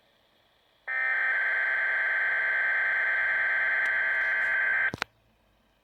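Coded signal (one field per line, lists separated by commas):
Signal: Emergency Alert System (SAME) tones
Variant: header bursts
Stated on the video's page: Double-header Required Weekly Test from Saskatoon weather radio transmitter on 162.550 MHz, received on Midland WR120EZ.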